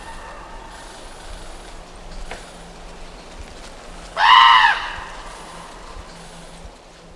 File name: raven